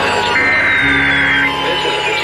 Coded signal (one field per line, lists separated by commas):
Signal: Emergency Alert System (SAME) tones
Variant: header bursts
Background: speech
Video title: ABSOLUTE SOLVER CHAOS… The Extreme storms experience… EAS Alerts from 6/19/25 (EAS #143-205)